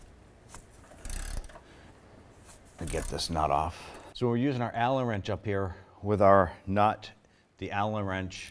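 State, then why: Stripped. A ratchet works the sway bar link nut on a 2008-2012 Honda Accord while an Allen wrench, braced against the bottom of the strut for leverage, holds the stud. A burst of sharp ratcheting clicks runs from about 1.0 to 1.4 seconds, with the main click at 1.1 seconds. Someone talks, and the Allen wrench slips in the stripped hex socket of the stud, so the shaft spins and the nut does not come off.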